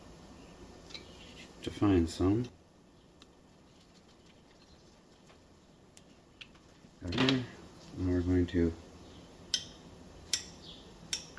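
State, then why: Released. On an IH 1256 tractor rear-end brake, the steel brake disc adjuster screw in the rear-end housing is set, then backed out while someone talks. Three sharp, evenly spaced metallic detent clicks ring out at 9.5, 10.3 and 11.1 seconds. The screw is released three clicks.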